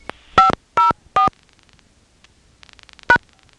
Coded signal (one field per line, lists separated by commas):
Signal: DTMF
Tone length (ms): 130 ms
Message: 504 #